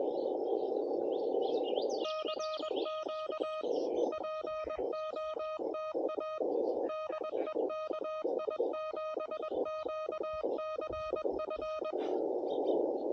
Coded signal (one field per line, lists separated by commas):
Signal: Morse code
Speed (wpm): 22 wpm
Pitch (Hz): 1250 Hz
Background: music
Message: CQ POTA DE KI7QCF